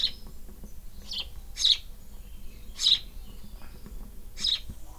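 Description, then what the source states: Swallow chirps, sharp high notes sounding about once a second, irregular in spacing, over a low humming background. Nest in an air vent.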